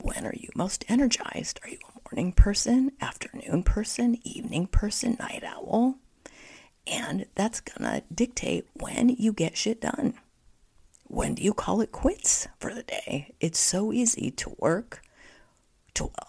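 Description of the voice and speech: Adult woman speaking in connected conversational speech with spasmodic dysphonia, a voice condition that developed in the first quarter of 2023 after a period of extreme tiredness; the voice is intermittently breathy and strained, with pauses between phrases.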